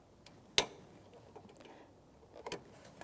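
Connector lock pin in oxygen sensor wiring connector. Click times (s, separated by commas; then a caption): 0.6 s. The yellow plastic lock pin on the upstream oxygen sensor's electrical connector of a 2012-2019 Fiat 500 1.4L L4 is slid into place with a hook after the connector is plugged in, clicking home sharply at 0.6 s. Fainter ticks follow around 2.5 s and 3.0 s. The lock pin is seated so the connector can't come undone and the sensor gives a constant reading.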